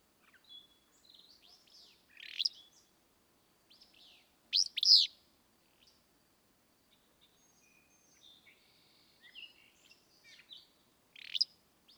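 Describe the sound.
Willow flycatcher with several abrupt, buzzy, sneezing phrases spread throughout, interspersed with many faint, high chips and thin whistled notes.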